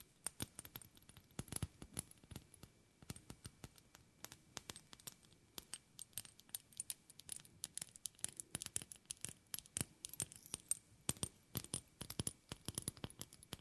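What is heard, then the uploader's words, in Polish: Fingernails tap and click in quick, irregular bursts across the whole fourteen seconds, each tick sharp and bright with a glassy, coin-like ring. The taps come in dense clusters with short pauses between, over a faint low murmur and a thin steady tone. ASMR Tapping Dźwięki uderzania paznokciami.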